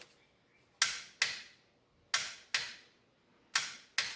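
A torque wrench set to 20 ft-lb (240 in-lb) tightens an intake manifold bolt into the aluminum threads of the intake on a 1971 Oldsmobile 98. Six sharp, bright metallic clicks sound in pairs at 0.8, 1.2, 2.1, 2.6, 3.6 and 4.0 seconds, each with a short ringing decay. The wrench reaches its setting and the bolt is confirmed good.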